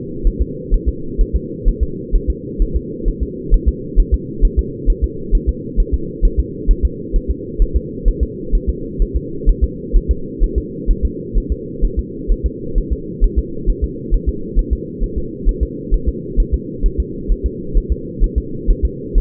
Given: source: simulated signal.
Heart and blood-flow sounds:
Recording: fetal heart sounds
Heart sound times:
0.27 s: S1
0.42 s: S2
0.74 s: S1
0.89 s: S2
1.21 s: S1
1.36 s: S2
1.68 s: S1
1.83 s: S2
2.15 s: S1
2.30 s: S2
2.62 s: S1
2.76 s: S2
3.08 s: S1
3.23 s: S2
3.54 s: S1
3.69 s: S2
3.99 s: S1
4.14 s: S2
4.45 s: S1
4.59 s: S2
4.90 s: S1
5.04 s: S2
5.35 s: S1
5.49 s: S2
5.80 s: S1
5.94 s: S2
6.25 s: S1
6.40 s: S2
6.71 s: S1
6.85 s: S2
7.16 s: S1
7.30 s: S2
7.62 s: S1
7.76 s: S2
8.08 s: S1
8.23 s: S2
8.55 s: S1
8.69 s: S2
9.02 s: S1
9.16 s: S2
9.49 s: S1
9.64 s: S2
9.97 s: S1
10.11 s: S2
10.44 s: S1
10.58 s: S2
10.91 s: S1
11.05 s: S2
11.38 s: S1
11.52 s: S2
11.85 s: S1
11.99 s: S2
12.31 s: S1
12.46 s: S2
12.78 s: S1
12.92 s: S2
13.24 s: S1
13.39 s: S2
13.70 s: S1
13.84 s: S2
14.14 s: S1
14.29 s: S2
14.59 s: S1
14.73 s: S2
15.04 s: S1
15.18 s: S2
15.49 s: S1
15.63 s: S2
15.94 s: S1
16.09 s: S2
16.40 s: S1
16.54 s: S2
16.86 s: S1
17.00 s: S2
17.31 s: S1
17.46 s: S2
17.77 s: S1
17.92 s: S2
18.24 s: S1
18.38 s: S2
18.70 s: S1
18.85 s: S2
19.18 s: S1
From the record:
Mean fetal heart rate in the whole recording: 130 bpm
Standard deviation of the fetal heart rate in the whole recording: 2 bpm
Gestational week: 38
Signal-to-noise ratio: -4.3 dB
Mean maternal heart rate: 72 bpm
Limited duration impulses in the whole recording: absent

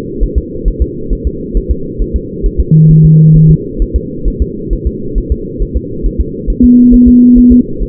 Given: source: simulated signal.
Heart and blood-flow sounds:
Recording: fetal heart sounds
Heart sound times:
0.23 s: S1
0.38 s: S2
0.68 s: S1
0.82 s: S2
1.13 s: S1
1.27 s: S2
1.57 s: S1
1.71 s: S2
2.02 s: S1
2.16 s: S2
2.46 s: S1
2.60 s: S2
2.91 s: S1
3.05 s: S2
3.36 s: S1
3.51 s: S2
3.82 s: S1
3.96 s: S2
4.28 s: S1
4.42 s: S2
4.73 s: S1
4.87 s: S2
5.18 s: S1
5.32 s: S2
5.62 s: S1
5.77 s: S2
6.06 s: S1
6.20 s: S2
6.50 s: S1
6.64 s: S2
6.94 s: S1
7.08 s: S2
7.38 s: S1
7.52 s: S2
7.83 s: S1
From the record:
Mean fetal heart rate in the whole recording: 135 bpm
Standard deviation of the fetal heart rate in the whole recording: 3 bpm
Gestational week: 36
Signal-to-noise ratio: -6.6 dB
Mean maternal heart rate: 72 bpm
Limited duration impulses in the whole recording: present

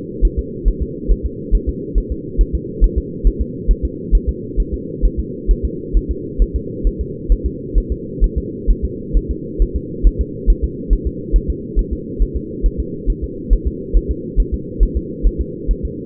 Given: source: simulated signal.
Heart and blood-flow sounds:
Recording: fetal heart sounds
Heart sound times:
0.25 s: S1
0.39 s: S2
0.68 s: S1
0.82 s: S2
1.12 s: S1
1.26 s: S2
1.55 s: S1
1.69 s: S2
1.98 s: S1
2.12 s: S2
2.41 s: S1
2.55 s: S2
2.84 s: S1
2.98 s: S2
3.27 s: S1
3.41 s: S2
3.71 s: S1
3.85 s: S2
4.15 s: S1
4.29 s: S2
4.60 s: S1
4.74 s: S2
5.05 s: S1
5.19 s: S2
5.51 s: S1
5.65 s: S2
5.97 s: S1
6.11 s: S2
6.42 s: S1
6.56 s: S2
6.87 s: S1
7.01 s: S2
7.32 s: S1
7.46 s: S2
7.78 s: S1
7.92 s: S2
8.24 s: S1
8.38 s: S2
8.70 s: S1
8.85 s: S2
9.17 s: S1
9.31 s: S2
9.62 s: S1
9.76 s: S2
10.07 s: S1
10.21 s: S2
10.50 s: S1
10.64 s: S2
10.93 s: S1
11.07 s: S2
11.36 s: S1
11.50 s: S2
11.79 s: S1
11.93 s: S2
12.22 s: S1
12.37 s: S2
12.66 s: S1
12.80 s: S2
13.10 s: S1
13.24 s: S2
13.53 s: S1
13.68 s: S2
13.97 s: S1
14.11 s: S2
14.40 s: S1
14.54 s: S2
14.83 s: S1
14.97 s: S2
15.27 s: S1
15.41 s: S2
15.71 s: S1
15.85 s: S2
From the record:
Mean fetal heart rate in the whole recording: 135 bpm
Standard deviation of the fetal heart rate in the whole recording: 3 bpm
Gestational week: 36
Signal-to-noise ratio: -4.1 dB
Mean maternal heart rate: no maternal heart sound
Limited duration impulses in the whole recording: absent

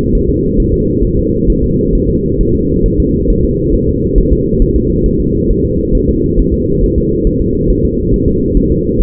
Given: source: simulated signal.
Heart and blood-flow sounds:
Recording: fetal heart sounds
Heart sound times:
0.15 s: S1
0.29 s: S2
0.60 s: S1
0.74 s: S2
1.05 s: S1
1.19 s: S2
1.50 s: S1
1.64 s: S2
1.95 s: S1
2.10 s: S2
2.41 s: S1
2.55 s: S2
2.86 s: S1
3.00 s: S2
3.30 s: S1
3.45 s: S2
3.75 s: S1
3.89 s: S2
4.18 s: S1
4.33 s: S2
4.62 s: S1
4.76 s: S2
5.06 s: S1
5.20 s: S2
5.51 s: S1
5.65 s: S2
5.95 s: S1
6.09 s: S2
6.40 s: S1
6.54 s: S2
6.84 s: S1
6.98 s: S2
7.27 s: S1
7.41 s: S2
7.70 s: S1
7.85 s: S2
8.14 s: S1
8.28 s: S2
8.57 s: S1
8.72 s: S2
9.02 s: S1
From the record:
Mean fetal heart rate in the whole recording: 135 bpm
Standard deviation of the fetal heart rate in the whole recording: 3 bpm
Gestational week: 36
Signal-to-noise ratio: -10.2 dB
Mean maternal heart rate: 72 bpm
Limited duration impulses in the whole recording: present

